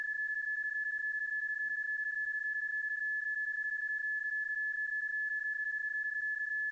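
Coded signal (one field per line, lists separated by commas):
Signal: PSK31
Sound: a single steady warbling tone near 1.7 kHz, unbroken for the whole clip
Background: faint radio hiss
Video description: There is no point in trying to resolve or decode the PSK31 tones heard in the video during the PSK31 QSO, these are not the tones associated with the actual QSO, rather they are a sound effect that has been stretched and looped to fit the video footage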